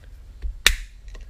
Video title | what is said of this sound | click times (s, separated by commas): Cummins NV5600 Clutch Hydraulics Replacement: Part 2/4 New Part Installation | so you hear it click and then it's locked in there | 0.7 s